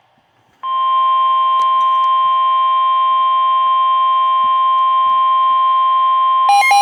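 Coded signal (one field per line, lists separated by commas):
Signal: Emergency Alert System (SAME) tones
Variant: 1050 Hz attention tone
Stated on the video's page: Real alerts captured on a phone.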